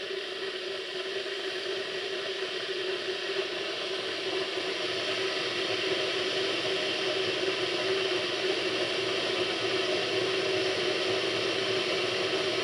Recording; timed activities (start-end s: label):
household activities, microphone on the right wrist
none